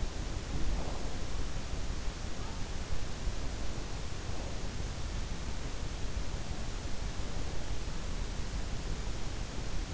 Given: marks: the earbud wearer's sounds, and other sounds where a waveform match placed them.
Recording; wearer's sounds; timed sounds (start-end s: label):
sounds in sleep by an in-ear microphone; breath
0.00-1.74 s: breath